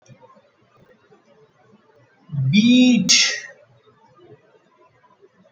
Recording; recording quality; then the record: sustained vowel as in beet; poor, much background noise or distortion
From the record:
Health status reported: COVID-19 positive, mild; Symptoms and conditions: cold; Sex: female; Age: 33 years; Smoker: not ticked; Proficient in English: no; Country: India